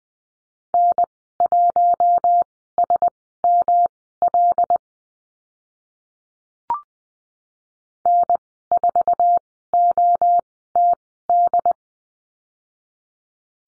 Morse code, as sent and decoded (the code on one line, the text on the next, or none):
-. .---- ... -- .-.. / -. ....- --- - -..
N1SML N4OTD